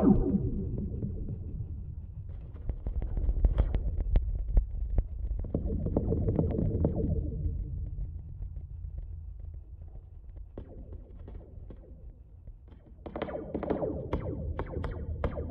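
Guy-wires are struck and strummed, giving a deep, ringing drone that hangs and slowly decays between touches. Sharp taps land around four, six and thirteen seconds, each setting off a fresh wash of twangy, echoing tone, with a quieter stretch in the middle.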